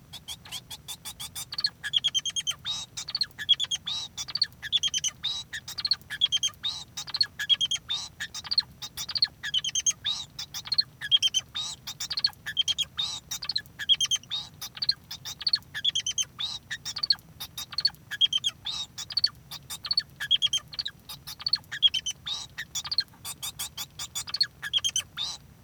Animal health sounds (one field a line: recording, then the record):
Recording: song of a male Bengalese finch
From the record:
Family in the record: son of father 2